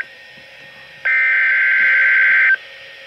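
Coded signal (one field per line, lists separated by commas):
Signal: Emergency Alert System (SAME) tones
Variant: header bursts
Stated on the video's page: Two winter storm watches received on NOAA Weather Radio.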